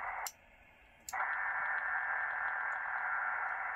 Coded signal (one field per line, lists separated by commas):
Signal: HF data modem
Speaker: This is my very first Windlink session